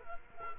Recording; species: mosquito wingbeat signal from an infrared sensor; Culex quinquefasciatus